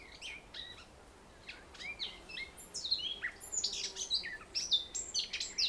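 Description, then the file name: Eurasian blackcap song starting as a soft scattered warble of chirps, growing louder with clear whistled notes toward the end over a steady background hiss. "Sylvia atricapilla"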